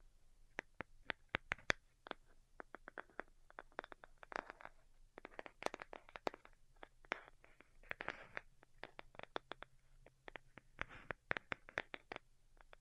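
Delicate tapping goes on throughout, a quick, irregular scatter of light, crisp clicks that sometimes bunch into brief flurries. Soft scratchy textures sit between the taps, and a low, steady hum runs underneath.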